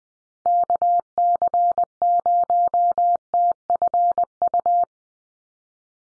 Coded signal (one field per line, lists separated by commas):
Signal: Morse code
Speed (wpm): 20 wpm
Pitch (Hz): 700 Hz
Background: none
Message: KC0TFU